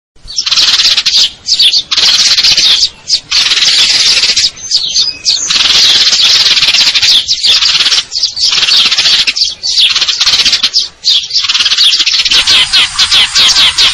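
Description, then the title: Eurasian tree sparrow calls, harsh continuous chattering trills in long stretches, interrupted by brief pauses. Fighting call with long trills and clear sound, used to train contest birds. "GEREJA TARUNG NEMBAK PANJANG SUARA JERNIH MASTERAN WAJIB BURUNG LOMBA"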